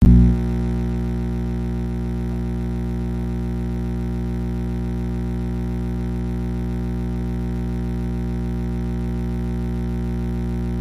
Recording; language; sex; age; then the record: spoken sentence; Brazilian Portuguese; male; 70 to 79 years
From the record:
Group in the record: control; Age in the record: 74 years